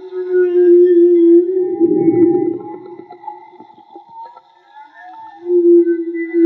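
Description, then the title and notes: Whale moans: a long steady tonal hum with a faint higher tone above, a rough grunting burst in the middle, then the hum returns. Whale song; field recording made with DIY hydrophones, audio cleaned afterwards. "CANTO DE BALLENAS MAGMA. Grabación de campo y construcción dehidrofonos DIY: Jorge Barco. Limpieza de audio: Santiago Minotas"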